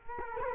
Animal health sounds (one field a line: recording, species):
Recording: mosquito wingbeat signal from an infrared sensor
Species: Culex quinquefasciatus